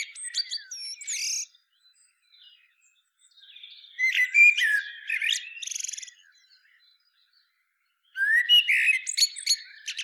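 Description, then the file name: Common blackbird song, three bursts of flutey notes ending in high chattering squeaks, separated by a few seconds of near silence. "Turdus merula"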